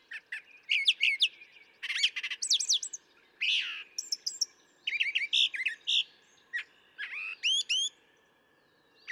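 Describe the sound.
Brown thrasher singing busy, varied phrases in quick pairs, harsh rattling bursts, sweet slurred whistles and ticks, with a faint steady hum in the background.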